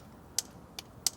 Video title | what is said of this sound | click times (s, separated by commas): How to: NSX Spark Plugs - 1991-2005 | You can usually hear the tab clicking, | 0.4 s, 1.1 s